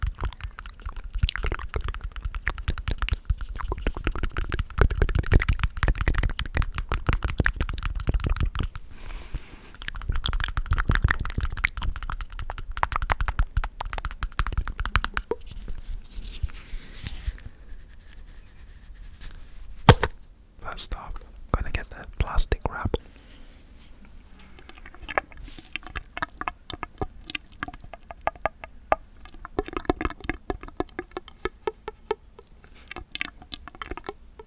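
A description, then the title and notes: Shaving foam is pressed and smeared close against a microphone, making dense, crackling, fizzing sounds with heavy low thumps through the first fifteen seconds. Around seventeen seconds it quiets to a thin hiss, then breaks into sparse, sharp pops and bubbly clicks that continue irregularly to the end. ASMR The ULTIMATE Tingles With SHAVING Foam On The MIC.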